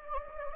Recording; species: mosquito wingbeat signal from an infrared sensor; Anopheles gambiae